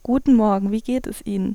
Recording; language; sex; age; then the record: spoken sentence; German; female; 20 to 29 years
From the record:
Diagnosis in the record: healthy voice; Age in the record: 20 years